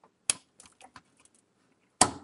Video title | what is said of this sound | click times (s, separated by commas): How To Install RAM 2012 - Step 5 | and when you get it in these little Clips on the side will actually lock into place | 0.3 s, 2.0 s